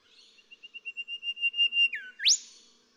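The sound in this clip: Golden whistler song: about a dozen even whistled notes that grow louder, then a falling slide and a loud sharply rising whip-like finish.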